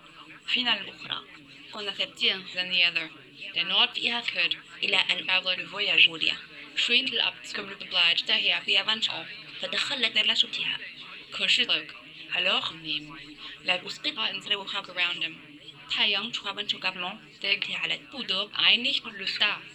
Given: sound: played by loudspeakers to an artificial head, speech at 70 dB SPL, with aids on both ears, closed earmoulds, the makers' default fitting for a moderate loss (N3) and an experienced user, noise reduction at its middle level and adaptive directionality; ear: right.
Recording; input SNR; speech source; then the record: speech test signal (ISTS) in cocktail-party noise; +9 dB; on the right (90 degrees)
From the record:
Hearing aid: class 1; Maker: C